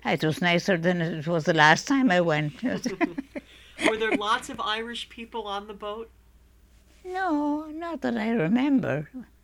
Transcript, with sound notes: It was nicer than it was the last time I went. ( she laughs )
Were there lots of Irish people on the boat?
No, not that I remember.